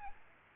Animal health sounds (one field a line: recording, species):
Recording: mosquito wingbeat signal from an infrared sensor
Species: Aedes albopictus